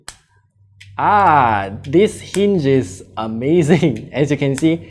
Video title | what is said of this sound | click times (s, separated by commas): Good sound for a decent price! Ugreen HiTune X5 review! | it flies all the way back and snaps into place nicely it's | 0.1 s